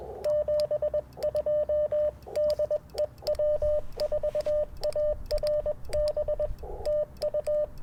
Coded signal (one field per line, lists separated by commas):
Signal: Morse code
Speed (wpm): 21 wpm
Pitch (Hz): 600 Hz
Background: radio noise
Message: 72 DE W4ARB TU